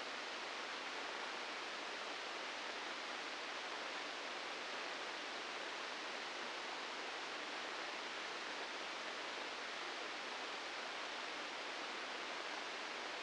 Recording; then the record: brain microelectrode recording played as sound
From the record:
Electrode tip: inside the subthalamic nucleus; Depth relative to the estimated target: -2 mm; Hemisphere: right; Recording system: NeuroSet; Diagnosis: Parkinson's disease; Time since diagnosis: 9 years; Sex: female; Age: 51 years